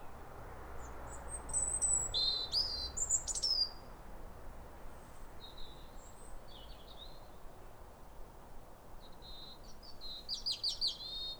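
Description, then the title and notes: European robin singing high, wistful phrases: thin whistles and rapid warbled flourishes, pausing between bursts. Pair of robins in neighbouring gardens duetting with wistful phrases at a clear, calm, rosy sunrise in winter around New Year, after weeks of rain. "Sound Escape 150: Be uplifted by a chorus of New Year's robins. A pair of robins in neighbouring gardens welcome the early sun with wistful phrases as if chatting over the fence. BBC Countryfile Magazine's Sound Escapes. Recorded by Fergus Collins"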